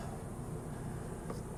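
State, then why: Seated. An ignition coil pack, lubricated with a little silicone lubricant, is pressed down onto the spark plug in its mount on the cylinder head of a Mercedes-Benz M104 engine in a W140. Over a steady low hum, its plastic mounting snaps into place with a short, sharp click at 1.3 s. The coil pack is seated.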